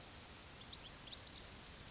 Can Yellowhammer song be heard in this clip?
no